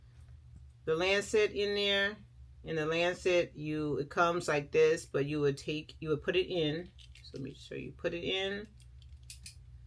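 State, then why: Seated. Someone talks while pushing a plastic lancet into the holder of a blood-sugar lancing device. Faint ticks come just before a sharp click at 9.3 s as the lancet seats, followed by another short tap. The lancet is confirmed seated down in the holder.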